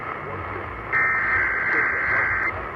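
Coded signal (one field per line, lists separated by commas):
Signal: Emergency Alert System (SAME) tones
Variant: header bursts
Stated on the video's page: EAS test aired by a broadcast station.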